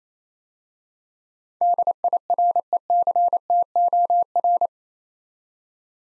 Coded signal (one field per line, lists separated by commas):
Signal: Morse code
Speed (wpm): 27 wpm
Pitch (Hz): 700 Hz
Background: none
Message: DIRECTOR